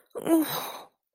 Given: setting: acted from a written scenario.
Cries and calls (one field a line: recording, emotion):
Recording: vocal sound without words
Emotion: pain